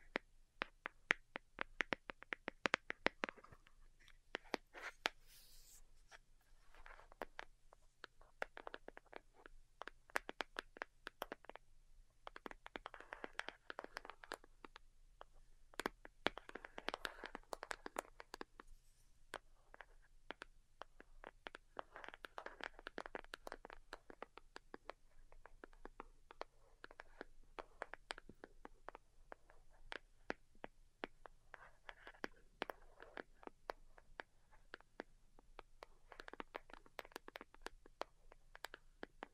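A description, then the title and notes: Delicate tapping in quick, irregular clusters of light clicks, bright and crisp, running throughout with brief lulls and a faint low hum beneath. ASMR DELICATE Tapping for Sleep (No Talking).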